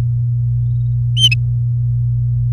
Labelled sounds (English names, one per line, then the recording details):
Domestic Canary song
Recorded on 4 May 2018 at 10:28
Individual llb16